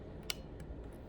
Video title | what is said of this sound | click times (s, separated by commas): Focal length and Changing Lenses | Turn towards the release clip until I hear it click. | 0.3 s